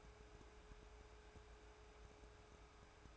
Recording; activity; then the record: daily activity, microphone in the room; take from stove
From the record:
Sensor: 2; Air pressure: 1010.1 hPa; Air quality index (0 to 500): 160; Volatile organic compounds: 7 ppm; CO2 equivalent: 2016 ppm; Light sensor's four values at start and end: 42/100/45/51 and 42/101/45/51